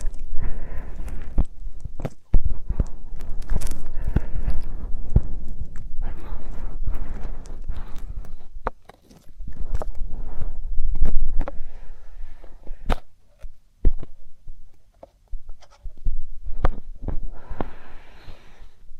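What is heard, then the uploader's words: Muffled thumps and sharp clicks land irregularly over a deep low rumble, with soft rustling bursts in between. The sound drops out briefly near nine seconds and again around fourteen to fifteen seconds before the dense handling noise returns. ASMR Inner Ear and Ear Drum Stimulation (No Talking).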